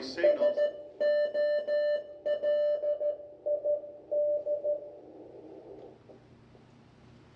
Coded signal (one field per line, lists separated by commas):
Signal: Morse code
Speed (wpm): 13 wpm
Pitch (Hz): 590 Hz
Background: speech, music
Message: SOLID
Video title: Ham Radio Today with Dave Wendt